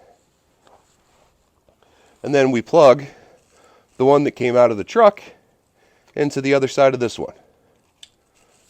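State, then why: Seated. Someone talks while the factory plug that came out of a Silverado truck is pushed into the other side of a new fifth wheel wiring harness connector. A single sharp plastic click at 8.0 s marks the connector locking together, seated.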